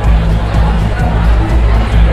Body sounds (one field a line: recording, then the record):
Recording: background sound without coughing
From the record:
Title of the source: Party Noise 1 Hour Party Ambience